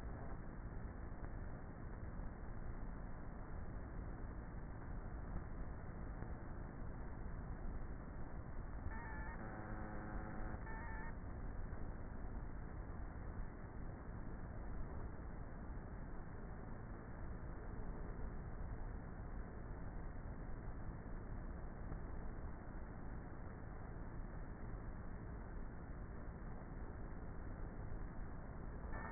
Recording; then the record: honeybee colony, microphone inside the hive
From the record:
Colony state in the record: queenless with a low population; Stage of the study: before two queens were removed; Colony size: about 30,000 bees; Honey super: no